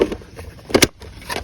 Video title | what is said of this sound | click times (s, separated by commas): Milwaukee M18 Tire Inflator - Full Review / How To Use - The best inflator out there? (2848-20) | We got a 4 here, and as you see, it just snaps right in. | 0.8 s